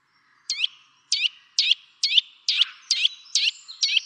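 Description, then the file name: Eurasian nuthatch calls: sharp, high notes repeated about twice a second in an even series. "Sitta europaea"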